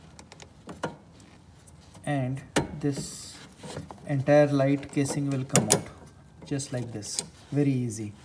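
A headlight bulb and its connector are rotated anti-clockwise in a car headlight housing and click free with a sharp hit at 0.8 s, among a few small taps before it. Someone then talks as the entire light casing comes out, released.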